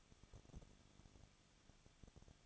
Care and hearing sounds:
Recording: daily activity, microphone in the room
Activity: no activity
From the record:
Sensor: 4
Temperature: 23.0 degrees Celsius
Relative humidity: 34.1%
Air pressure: 1007.3 hPa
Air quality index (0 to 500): 214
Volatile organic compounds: 14 ppm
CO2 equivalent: 2469 ppm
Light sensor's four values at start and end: 2/3/1/1 and 2/3/1/1

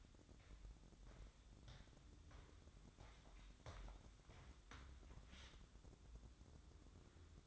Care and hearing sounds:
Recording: daily activity, microphone in the room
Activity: walk to room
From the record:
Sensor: 3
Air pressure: 1008.2 hPa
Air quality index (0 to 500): 133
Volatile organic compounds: 2 ppm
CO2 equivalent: 1100 ppm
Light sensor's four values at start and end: 10/23/9/9 and 10/24/9/9

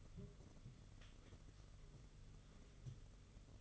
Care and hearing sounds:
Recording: daily activity, microphone in the room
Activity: take from stove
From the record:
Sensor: 4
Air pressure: 995.3 hPa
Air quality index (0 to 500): 217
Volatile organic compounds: 271 ppm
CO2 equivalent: 4414 ppm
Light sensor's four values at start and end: 24/76/28/31 and 24/76/28/31

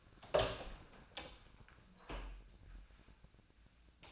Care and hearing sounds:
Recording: daily activity, microphone in the room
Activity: open door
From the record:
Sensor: 2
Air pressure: 1009.1 hPa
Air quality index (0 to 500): 180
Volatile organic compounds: 2 ppm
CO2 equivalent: 1312 ppm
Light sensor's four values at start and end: 33/88/37/40 and 34/88/38/40

